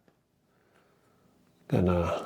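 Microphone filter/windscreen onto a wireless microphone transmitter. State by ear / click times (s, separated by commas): not seated / none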